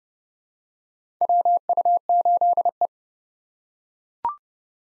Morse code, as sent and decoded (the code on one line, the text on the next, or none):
.-- ..- ---.. .
WU8E